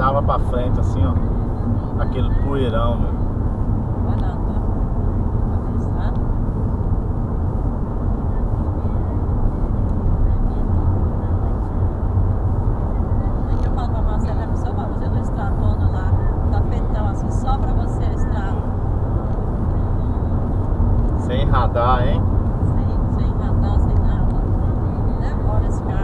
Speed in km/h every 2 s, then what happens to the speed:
104, 101, 101, 104, 107, 110, 111, 112, 112, 113, 111, 108, 110.
4-13 speeds up to 112. 13-26 steady at about 111.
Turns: none.